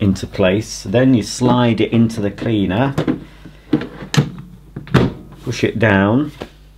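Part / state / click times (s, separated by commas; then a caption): dust box into vacuum cleaner body / not seated / none. Someone talks while handling the plastic dust box of a Hoover Discovery bagless vacuum cleaner, sliding it toward the cleaner body to push it down. A few short knocks and taps of handling are heard between the words. Nothing has seated or clicked yet.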